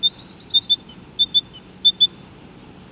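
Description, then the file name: Great tit singing a series of high phrases, a sharp upper note dropping to lower ones, repeated several times in quick succession. "Great Tit (Parus major)"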